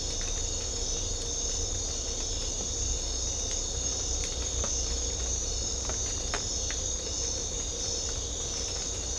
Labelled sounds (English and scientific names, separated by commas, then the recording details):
none
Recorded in secondary vegetation near Puerto Asís, Putumayo, Colombia, on 18 December 2024 at 01:30
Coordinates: 0.500, -76.326
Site G065